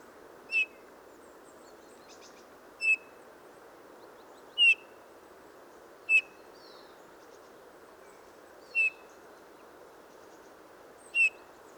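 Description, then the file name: Eurasian bullfinch calls: short, soft piping notes given singly about every two seconds, six in all, over a steady low hiss. "Pyrrhula pyrrhula"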